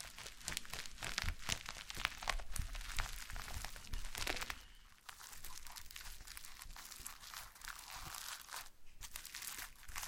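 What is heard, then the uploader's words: Slime being squished and worked makes dense, crackling, crinkly sounds with many quick pops and clicks. The first five seconds are busiest and loudest. After a brief dip, a softer, steadier crackle continues with scattered sharper snaps. ASMR SLIME No Talking Satisfying slime Sounds.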